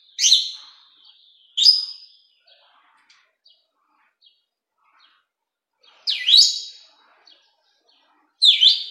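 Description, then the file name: Rosy-faced lovebird uttering sharp, piercing screeches, a pair early then two more after a pause, with a few quiet ticks in between. "canto do inseparavel de faces rosadas"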